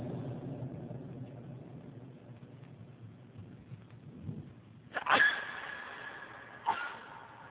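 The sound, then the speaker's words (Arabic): A sudden, forceful sneeze bursts out over a steady low rumble, followed a moment later by a second, shorter sharp burst. No one speaks. “يرحمك الله.”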